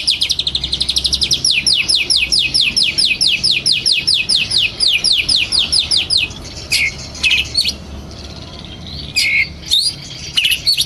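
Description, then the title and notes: Oriental magpie-robin song opening with a rapid trill of repeated downslurred notes for six seconds, then sparse sharp chips over a low hum. Long-duration magpie-robin singing meant as tutor material for training birds to sing actively day and night. "Kacer Jadi Gacor Siang Malam. Isian Kacer Durasi Panjang"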